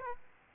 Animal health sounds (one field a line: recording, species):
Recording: mosquito wingbeat signal from an infrared sensor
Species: Aedes aegypti